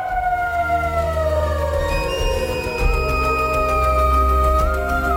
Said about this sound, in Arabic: بيقول صحيت من نومي الصبح على أصوات زعيق وناس بتصوت وحاجة زي صوت عربية إسعاف.